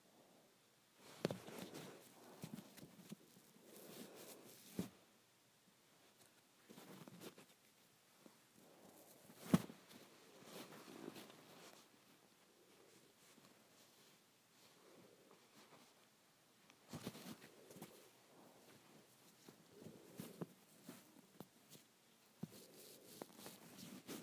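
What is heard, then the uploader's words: Hair is handled and brushed with soft rustling strokes, broken by sharp crackling snaps around 1, 5, 9.5 and 17 seconds. ASMR Hair Play.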